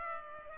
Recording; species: mosquito wingbeat signal from an infrared sensor; Culex pipiens